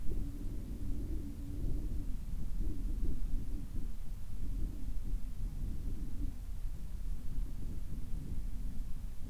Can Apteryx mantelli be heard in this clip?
no